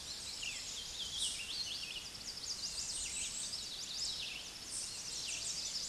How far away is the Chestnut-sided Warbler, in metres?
about 45 m